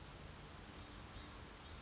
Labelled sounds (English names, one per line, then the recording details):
Blue-gray Gnatcatcher
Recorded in Sonoma County, California